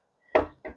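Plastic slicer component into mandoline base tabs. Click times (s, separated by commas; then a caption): 0.4 s. A plastic part of a NutriSlicer upright mandoline is hooked into two small tabs on the base and pressed down. It gives a sharp snap at 0.4 s as it seats into place, followed by a second, quieter knock at 0.7 s. Someone talks during the clip.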